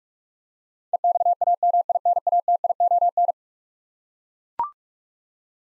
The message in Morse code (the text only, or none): EXAMINATION